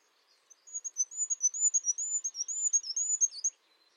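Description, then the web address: Bird song: a steady stream of high, slurred chirps repeated rapidly at an even pitch for about three seconds, then falling silent. "birddata Deverinetal 2025"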